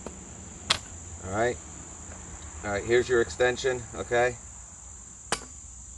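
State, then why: Seated. The extension shaft of a Milwaukee M18 FUEL 10" pole saw (2825-21PS) is pushed all the way into the power head coupling while someone talks over a steady high-pitched background hiss. A sharp transient at 0.7 s precedes the speech, and a short, sharp click at 5.3 s marks the extension seating fully in the coupling.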